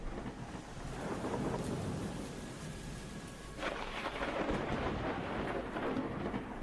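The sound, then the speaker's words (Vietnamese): Thunder rumbles deeply outdoors through a steady, heavy downpour with wind, with a louder crack and surge of rain about halfway through. The storm noise is continuous and dense, with no voices. “Ở ngoài trời sấm sét mưa gió cứ đùng đoàng.”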